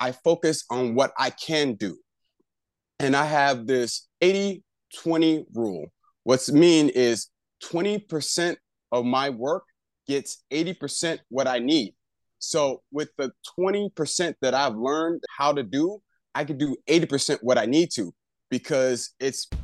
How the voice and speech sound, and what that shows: He is a stroke survivor with aphasia and tells us how he lives and thrives despite his aphasia.